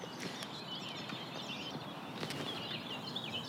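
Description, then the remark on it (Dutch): A brief snatch of common nightingale song: quick, varied warbling phrases with sharp clicky notes, fairly soft and set against a steady wash of other birdsong and background hiss. “Nou hoorden we hem toch heel even, hè? Leen, de nachtegaal.”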